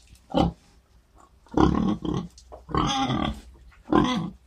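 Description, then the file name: Pig grunting, a series of rough, snorting grunts at irregular intervals, one longer and noisier than the rest. "Grugnito del maiale"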